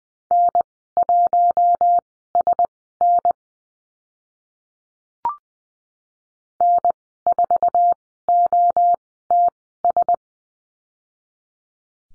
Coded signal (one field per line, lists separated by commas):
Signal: Morse code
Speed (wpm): 20 wpm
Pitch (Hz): 700 Hz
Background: none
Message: N1SN N4OTS